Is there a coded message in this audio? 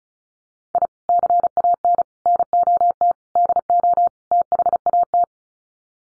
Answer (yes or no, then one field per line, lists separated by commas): yes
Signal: Morse code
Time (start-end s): 0.8-5.2 s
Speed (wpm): 34 wpm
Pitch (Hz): 700 Hz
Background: none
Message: I CAN NOT DO THAT